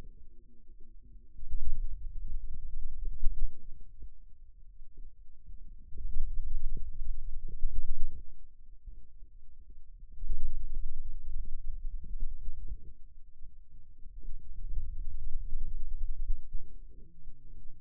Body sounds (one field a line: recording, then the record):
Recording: forearm muscle sounds (acoustic myography)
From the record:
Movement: pen grasping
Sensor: system 2, bracelet of six BSWA MPA416 microphones around the upper forearm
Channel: 2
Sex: male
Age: 22 years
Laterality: right